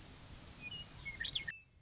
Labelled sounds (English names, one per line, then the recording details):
Western Meadowlark
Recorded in Sonoma County, California